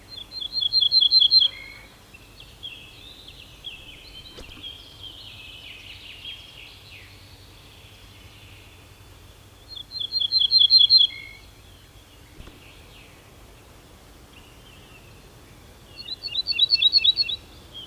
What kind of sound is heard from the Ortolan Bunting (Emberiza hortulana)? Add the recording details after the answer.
song. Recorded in the wild. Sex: male. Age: adult. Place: Schloß Holte-Stukenbrock, Senne, Nordrhein-Westfalen, DE. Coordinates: 51.8692, 8.66167. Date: 1972-05-21. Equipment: Uher 4200 Report Stereo, Bändchenmikro Beyer M 260, Parabolspiegel Polyester (600 mm). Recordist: Conrads, Klaus